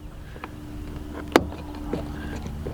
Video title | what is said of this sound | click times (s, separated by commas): How to Upgrade 5th Gen 4Runner Hatch Light To Meso Customs Dual Color LED's | Push it in enough to where you'll hear it click and it pulls your light assembly out. | 1.4 s